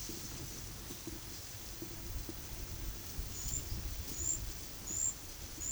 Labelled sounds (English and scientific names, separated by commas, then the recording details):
none
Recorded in pastures near Puerto Asís, Putumayo, Colombia, on 4 March 2025 at 15:00
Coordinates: 0.487, -76.322
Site G077